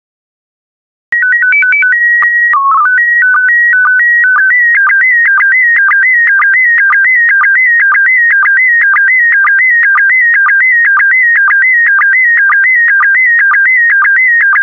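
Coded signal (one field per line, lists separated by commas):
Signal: SSTV (slow-scan television)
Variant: PD120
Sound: steady calibration tones and a short warbling header, then a rhythmic chirping, buzzing scan tone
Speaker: the next image transmission will start in 10 seconds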